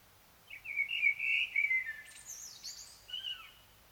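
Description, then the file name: Common blackbird song: a full flute-like phrase, a squeaky high twitter, then a softer whistled note dropping in pitch. "Turdus merula"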